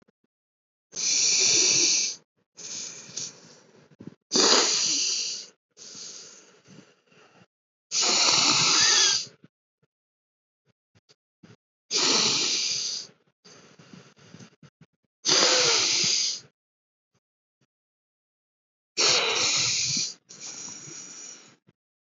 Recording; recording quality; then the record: deep breathing; excellent, no background noise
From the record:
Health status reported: recovered from COVID-19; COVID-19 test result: negative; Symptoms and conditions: fatigue, muscle pain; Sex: male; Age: 41 years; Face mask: not worn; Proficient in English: yes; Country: India